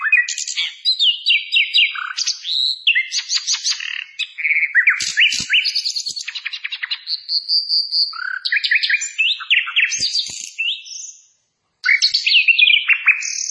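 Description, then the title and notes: Long, busy Hill blue flycatcher song of rippling whistled phrases, slurred notes and chattery bursts, pausing once briefly near the end before resuming. Clear song with the sound of trickling water, used for training (masteran). "Masteran Sikatan Kipas Suara Jernih Dan Suara Gemericik Air. Suara Burung Sikatan Londo"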